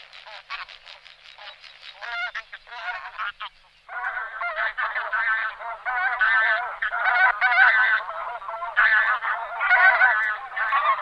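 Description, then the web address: Bean goose: bean geese calling together, a steady chorus of overlapping nasal honks and cackles that grows denser and louder after the first few seconds. "golosa anseriformes a fabalis"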